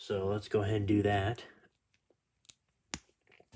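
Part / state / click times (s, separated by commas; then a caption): plastic hand on an action figure wrist peg / released / 2.9 s. Someone talks, then after a pause a sharp snap at 2.9 s marks the plastic pointing hand popping off the wrist peg of a plastic wrestling action figure during a hand swap. A few faint clicks follow, and the hand ends up released from the peg.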